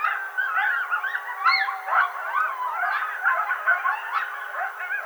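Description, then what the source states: Coyotes in a dense chorus of overlapping yips, warbling wails and quavering howls, rising and falling continuously throughout with no pause. Howl, recorded 10 May 2007.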